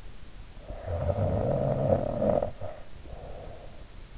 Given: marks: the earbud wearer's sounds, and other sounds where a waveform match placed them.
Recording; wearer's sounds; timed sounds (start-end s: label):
sounds in sleep by an in-ear microphone; snoring breath
0.55-3.98 s: snoring breath